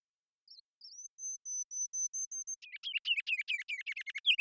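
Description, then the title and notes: Ruby-crowned kinglet singing, opening with high thin tseet notes, breaking into a fast chattering trill that grows louder toward the end; background silent. Series of full songs, short songs and phrases, recorded with a parabolic microphone in Washington, Pacific Northwest, United States. "Ruby-crowned Kinglet, Regulus calendula, song performance with a series of full songs, short songs, and phrases. Pacific Northwest in Washington, Unister States"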